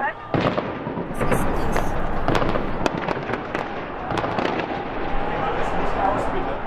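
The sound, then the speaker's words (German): Rapid bursts of machine-gun fire crackle at night outside a hotel window in Cairo, Egypt, sharp overlapping cracks rattling in quick irregular clusters over a loud, continuous background rumble, with faint voices underneath. “Feuerstöße, Maschinengewehrsalven vor unserem Fenster.”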